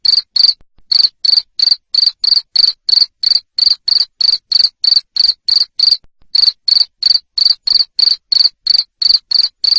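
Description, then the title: Cricket with loud pulsed chirps, roughly three each second, pausing briefly twice before resuming. Loud cricket chirping played to stimulate lovebirds to sing continuously. "Suara JANGKRIK NGERIK Keras Bikin LOVEBIRD Jadi NGEKEK Terus"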